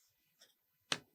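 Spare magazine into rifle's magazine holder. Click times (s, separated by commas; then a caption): 0.9 s. A spare air rifle magazine is pushed into its retention holder on the rifle, where a ball detent holds it. After a faint sound at 0.4 s, a sharp click at 0.9 s marks the magazine seating, followed by another sharp sound at 1.2 s. The magazine is seated firmly with a very positive click and is not going anywhere.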